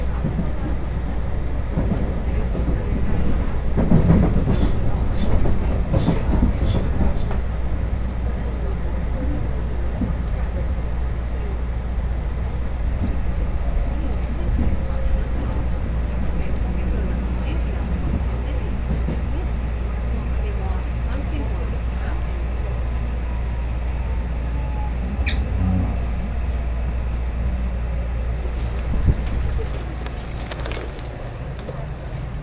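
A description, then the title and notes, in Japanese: Riding an Osaka Loop Line train toward Kyobashi, with a steady low rumble of the carriage running under everything. Voices murmur through much of the ride, and brief clanks and knocks stand out around five seconds and again near twenty-five and thirty seconds. 耳で楽しむ鉄道旅 ＪＲ難波→新今宮→京橋→鴫野。大阪環状線の内回り電車に乗り換えて京橋に向かいます。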